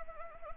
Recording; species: mosquito wingbeat signal from an infrared sensor; Anopheles arabiensis